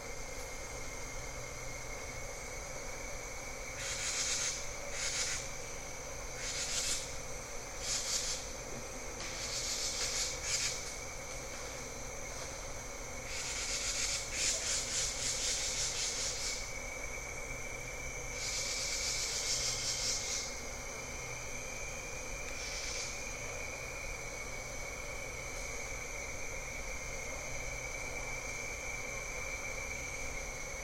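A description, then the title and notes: Bird-voiced treefrogs call in a diffuse evening chorus: bright whistled bursts come in clusters, most densely between about 4 and 20 seconds, then thin out. Beneath them runs a steady high insect-like tone and a constant low hum. Jessamine Bayou is a seasonally flooded forest in the heart of America's Amazon, the Mobile-Tensaw River Delta. These recordings are taken from overnight "drop rigs" left at the edge of a tributary surrounded cypress swamp and adjacent to a field of saw palmetto. In the evening a diffuse chorus of bird-voiced treefrogs. Crickets and katydids tune up.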